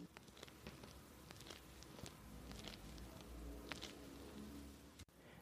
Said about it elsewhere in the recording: It's not static in my mic. It's my knees. That is sound coming from my knees every time I go into extension and into flexion. That is crepitus. The popping, the creaking, snapping, maybe the grittiness, some people call it Rice Krispies.